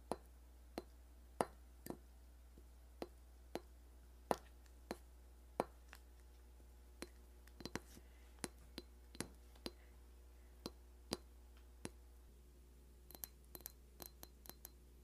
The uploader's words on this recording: Christmas Ornament Tapping (Classic).